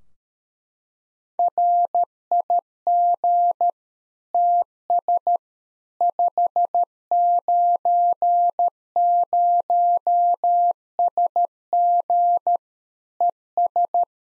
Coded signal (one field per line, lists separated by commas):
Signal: Morse code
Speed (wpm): 13 wpm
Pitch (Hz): 700 Hz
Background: none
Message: RIG TS 590SG ES